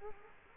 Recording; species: mosquito wingbeat signal from an infrared sensor; Culex quinquefasciatus